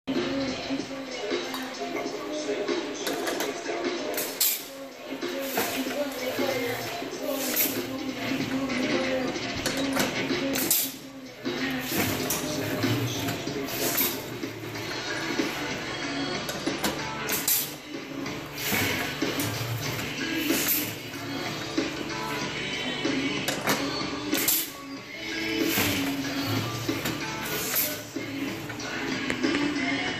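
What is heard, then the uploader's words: Screen printing on a glass growler: a steady, dense mechanical whirring and rattling runs throughout. Sharp bright clacks and scraping strokes cut in every few seconds, with brief dips near 5, 11 and 25 seconds, and faint voices underneath. Print Run for Babe Kombucha. Screen printing on 32 ounce glass growler.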